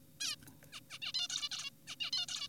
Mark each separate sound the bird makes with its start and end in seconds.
0.21-0.36, 0.72-0.80, 0.90-0.99, 1.02-1.12, 1.14-1.28, 1.29-1.50, 1.51-1.70, 1.88-1.96, 2.00-2.11, 2.13-2.26, 2.28-2.48